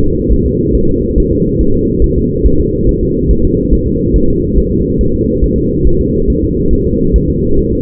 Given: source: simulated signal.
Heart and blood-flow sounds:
fetal heart sounds
0.04 s: S2
0.32 s: S1
0.46 s: S2
0.75 s: S1
0.89 s: S2
1.18 s: S1
1.32 s: S2
1.61 s: S1
1.75 s: S2
2.04 s: S1
2.18 s: S2
2.46 s: S1
2.60 s: S2
2.89 s: S1
3.03 s: S2
3.31 s: S1
3.45 s: S2
3.74 s: S1
3.88 s: S2
4.16 s: S1
4.30 s: S2
4.58 s: S1
4.72 s: S2
5.01 s: S1
5.15 s: S2
5.44 s: S1
5.58 s: S2
5.87 s: S1
6.01 s: S2
6.30 s: S1
6.44 s: S2
6.73 s: S1
6.87 s: S2
7.16 s: S1
7.30 s: S2
7.59 s: S1
7.73 s: S2
From the record:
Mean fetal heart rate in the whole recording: 140 bpm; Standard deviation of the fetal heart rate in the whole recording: 2 bpm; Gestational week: 34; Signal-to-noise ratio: -16.4 dB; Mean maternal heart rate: 72 bpm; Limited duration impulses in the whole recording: present

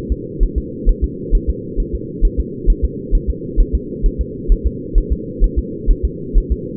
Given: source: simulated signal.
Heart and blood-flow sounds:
fetal heart sounds
0.12 s: S2
0.43 s: S1
0.58 s: S2
0.89 s: S1
1.04 s: S2
1.35 s: S1
1.50 s: S2
1.80 s: S1
1.95 s: S2
2.25 s: S1
2.40 s: S2
2.70 s: S1
2.85 s: S2
3.15 s: S1
3.30 s: S2
3.61 s: S1
3.75 s: S2
4.06 s: S1
4.21 s: S2
4.52 s: S1
4.67 s: S2
4.98 s: S1
5.12 s: S2
5.44 s: S1
5.59 s: S2
5.91 s: S1
6.05 s: S2
6.38 s: S1
6.52 s: S2
From the record:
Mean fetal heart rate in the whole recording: 130 bpm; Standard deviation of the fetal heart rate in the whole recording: 2 bpm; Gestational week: 38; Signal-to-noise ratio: -4.1 dB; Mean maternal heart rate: no maternal heart sound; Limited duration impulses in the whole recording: absent

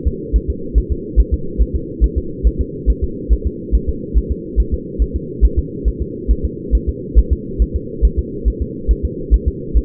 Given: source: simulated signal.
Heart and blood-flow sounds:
fetal heart sounds
0.08 s: S2
0.36 s: S1
0.50 s: S2
0.78 s: S1
0.92 s: S2
1.20 s: S1
1.34 s: S2
1.62 s: S1
1.76 s: S2
2.04 s: S1
2.18 s: S2
2.47 s: S1
2.61 s: S2
2.90 s: S1
3.04 s: S2
3.33 s: S1
3.47 s: S2
3.75 s: S1
3.89 s: S2
4.18 s: S1
4.32 s: S2
4.60 s: S1
4.74 s: S2
5.02 s: S1
5.16 s: S2
5.45 s: S1
5.59 s: S2
5.88 s: S1
6.02 s: S2
6.31 s: S1
6.45 s: S2
6.75 s: S1
6.89 s: S2
7.19 s: S1
7.33 s: S2
7.62 s: S1
7.76 s: S2
8.05 s: S1
8.19 s: S2
8.48 s: S1
8.62 s: S2
8.91 s: S1
9.05 s: S2
9.34 s: S1
9.48 s: S2
9.77 s: S1
From the record:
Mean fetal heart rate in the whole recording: 140 bpm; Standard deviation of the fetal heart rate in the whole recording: 2 bpm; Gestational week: 34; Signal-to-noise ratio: -4.3 dB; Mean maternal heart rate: 72 bpm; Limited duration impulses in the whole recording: absent

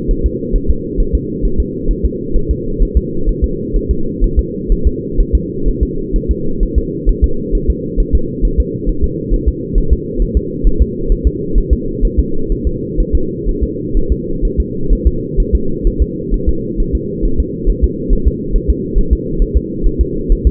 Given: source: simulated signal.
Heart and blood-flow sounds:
fetal heart sounds
0.11 s: S1
0.26 s: S2
0.56 s: S1
0.70 s: S2
1.00 s: S1
1.15 s: S2
1.45 s: S1
1.60 s: S2
1.91 s: S1
2.05 s: S2
2.36 s: S1
2.51 s: S2
2.83 s: S1
2.97 s: S2
3.29 s: S1
3.44 s: S2
3.76 s: S1
3.91 s: S2
4.24 s: S1
4.39 s: S2
4.72 s: S1
4.87 s: S2
5.20 s: S1
5.35 s: S2
5.68 s: S1
5.83 s: S2
6.16 s: S1
6.31 s: S2
6.63 s: S1
6.78 s: S2
7.09 s: S1
7.24 s: S2
7.55 s: S1
7.70 s: S2
8.00 s: S1
8.15 s: S2
8.45 s: S1
8.60 s: S2
8.89 s: S1
9.04 s: S2
9.34 s: S1
9.48 s: S2
9.78 s: S1
9.93 s: S2
10.22 s: S1
10.37 s: S2
10.67 s: S1
10.82 s: S2
11.12 s: S1
11.27 s: S2
11.58 s: S1
11.73 s: S2
12.05 s: S1
12.19 s: S2
12.52 s: S1
12.67 s: S2
13.00 s: S1
13.15 s: S2
13.49 s: S1
13.63 s: S2
13.97 s: S1
14.12 s: S2
14.45 s: S1
14.60 s: S2
14.93 s: S1
15.07 s: S2
15.40 s: S1
15.55 s: S2
15.87 s: S1
16.02 s: S2
16.34 s: S1
16.49 s: S2
16.80 s: S1
16.95 s: S2
17.25 s: S1
17.40 s: S2
17.69 s: S1
17.84 s: S2
18.13 s: S1
18.28 s: S2
18.56 s: S1
18.70 s: S2
18.98 s: S1
19.13 s: S2
19.42 s: S1
19.57 s: S2
19.87 s: S1
20.01 s: S2
20.32 s: S1
20.47 s: S2
From the record:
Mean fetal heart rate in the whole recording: 130 bpm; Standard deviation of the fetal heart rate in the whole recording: 4 bpm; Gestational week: 38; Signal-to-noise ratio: -8.1 dB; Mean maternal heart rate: 72 bpm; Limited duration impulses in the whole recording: absent

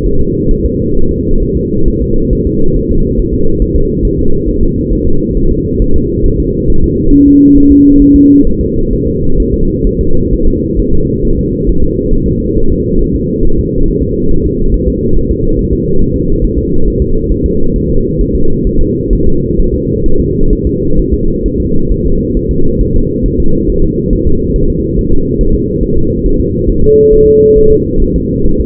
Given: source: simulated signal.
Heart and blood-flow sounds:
fetal heart sounds
0.06 s: S1
0.21 s: S2
0.51 s: S1
0.65 s: S2
0.97 s: S1
1.11 s: S2
1.43 s: S1
1.57 s: S2
1.88 s: S1
2.02 s: S2
2.33 s: S1
2.47 s: S2
2.77 s: S1
2.91 s: S2
3.20 s: S1
3.34 s: S2
3.62 s: S1
3.76 s: S2
4.05 s: S1
4.19 s: S2
4.49 s: S1
4.63 s: S2
4.93 s: S1
5.07 s: S2
5.37 s: S1
5.51 s: S2
5.82 s: S1
5.96 s: S2
6.26 s: S1
6.40 s: S2
6.70 s: S1
6.84 s: S2
7.14 s: S1
7.28 s: S2
7.58 s: S1
7.72 s: S2
8.02 s: S1
8.16 s: S2
8.47 s: S1
8.61 s: S2
8.93 s: S1
9.07 s: S2
9.40 s: S1
9.54 s: S2
9.87 s: S1
10.01 s: S2
10.33 s: S1
10.48 s: S2
10.79 s: S1
10.94 s: S2
11.25 s: S1
11.39 s: S2
11.69 s: S1
11.84 s: S2
12.14 s: S1
12.28 s: S2
12.58 s: S1
12.72 s: S2
13.01 s: S1
13.15 s: S2
13.45 s: S1
13.59 s: S2
13.88 s: S1
14.03 s: S2
14.31 s: S1
14.46 s: S2
14.74 s: S1
14.88 s: S2
15.17 s: S1
15.31 s: S2
15.59 s: S1
15.73 s: S2
16.02 s: S1
16.16 s: S2
16.44 s: S1
16.59 s: S2
16.88 s: S1
17.02 s: S2
17.32 s: S1
17.46 s: S2
17.76 s: S1
17.90 s: S2
18.21 s: S1
18.35 s: S2
18.67 s: S1
18.81 s: S2
19.13 s: S1
19.27 s: S2
19.59 s: S1
19.74 s: S2
20.06 s: S1
20.20 s: S2
20.53 s: S1
20.67 s: S2
20.99 s: S1
21.14 s: S2
21.46 s: S1
21.60 s: S2
21.91 s: S1
22.06 s: S2
22.37 s: S1
22.51 s: S2
22.81 s: S1
22.96 s: S2
23.26 s: S1
23.40 s: S2
23.70 s: S1
23.84 s: S2
24.13 s: S1
24.27 s: S2
24.56 s: S1
24.70 s: S2
24.99 s: S1
25.13 s: S2
25.41 s: S1
25.55 s: S2
25.84 s: S1
25.98 s: S2
26.26 s: S1
26.40 s: S2
26.70 s: S1
26.84 s: S2
27.13 s: S1
27.27 s: S2
27.57 s: S1
27.72 s: S2
28.02 s: S1
28.16 s: S2
28.46 s: S1
28.61 s: S2
From the record:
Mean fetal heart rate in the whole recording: 135 bpm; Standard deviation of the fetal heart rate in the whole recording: 3 bpm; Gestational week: 36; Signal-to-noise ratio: -19.1 dB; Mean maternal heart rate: 72 bpm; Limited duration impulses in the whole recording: present

